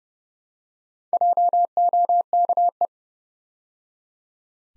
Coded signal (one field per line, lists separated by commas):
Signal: Morse code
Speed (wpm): 29 wpm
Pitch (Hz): 700 Hz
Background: none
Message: JOKE